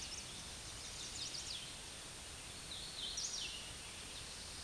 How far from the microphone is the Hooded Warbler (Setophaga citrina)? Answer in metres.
about 30 m